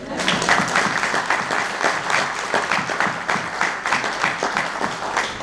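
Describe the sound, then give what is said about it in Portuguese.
An audience applauds steadily for several seconds, a dense wash of many hands clapping at an even, sustained loudness with no voices standing out, applauding Luís, President of the Aveiro Municipal Council. “Querido Presidente Luís, falta uma coisa, é que ainda não batemos palmas ao Luís.”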